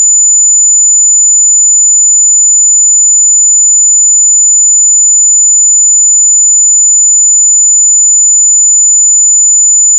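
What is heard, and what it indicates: A steady, unbroken high-pitched pure tone at about 7000 Hz holds for the full ten seconds. It is a generated test tone for tinnitus determination, used to match the pitch of tinnitus and simulating the constant ringing a person with tinnitus hears.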